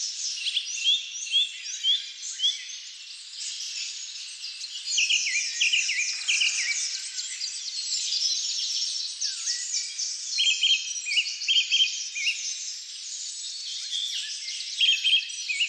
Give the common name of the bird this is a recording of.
Song Thrush